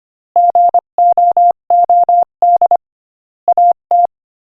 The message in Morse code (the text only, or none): GOOD AT